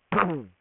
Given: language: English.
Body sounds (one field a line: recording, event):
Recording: throat vibration sensor signal played as sound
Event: throat clearing